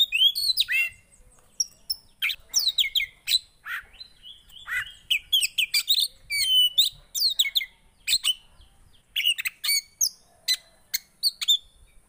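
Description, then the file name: Oriental magpie-robin song of short bursts of high chirps, downslurred whistles and scratchy notes, separated by brief gaps throughout. Song played to make a caged kacer (magpie-robin) immediately agitated and excited. "Burung kacer anda langsung emosi dengar ini"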